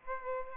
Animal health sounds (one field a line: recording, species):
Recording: mosquito wingbeat signal from an infrared sensor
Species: Aedes aegypti